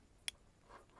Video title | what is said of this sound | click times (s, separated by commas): MC4 Solar Panel connector instructional video | so i can take the other end and it just snaps right in | 0.3 s